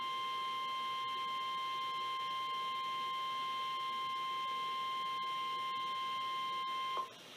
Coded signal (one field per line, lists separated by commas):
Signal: Emergency Alert System (SAME) tones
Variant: 1050 Hz attention tone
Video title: EAS #1432 - Special Marine Warning 2-24-2016